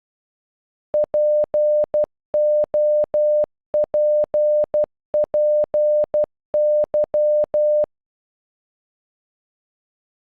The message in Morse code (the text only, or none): POPPY